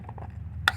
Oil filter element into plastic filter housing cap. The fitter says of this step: you'll hear it snap in